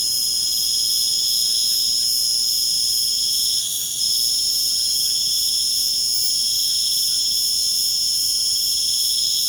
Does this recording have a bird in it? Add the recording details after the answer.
no. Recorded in pastures near Puerto Asís, Putumayo, Colombia, on 30 June 2025 at 22:00. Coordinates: 0.497, -76.327. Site G040